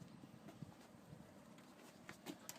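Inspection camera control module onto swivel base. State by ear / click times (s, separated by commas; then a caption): seated / 2.1 s, 2.5 s. The display/control module of an Insight Vision Silver Bullet Crawler sewer inspection camera is mounted onto its optional swivel tabletop base. Short clicks at 2.1 s and 2.5 s over a low steady background are the module snapping into place, and it is seated.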